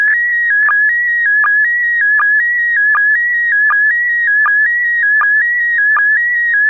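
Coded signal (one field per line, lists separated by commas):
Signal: SSTV (slow-scan television)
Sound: steady warbling whistle shifting pitch, with a short low blip about every three-quarter second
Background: faint radio hiss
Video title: SSTV decoding from ISS pass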